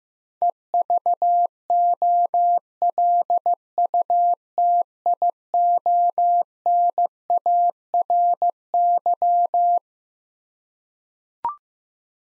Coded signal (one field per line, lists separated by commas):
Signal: Morse code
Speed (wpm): 16 wpm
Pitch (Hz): 700 Hz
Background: none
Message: EVOLUTIONARY